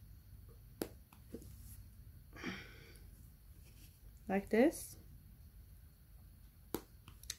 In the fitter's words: you hear the clicking sound is also in the same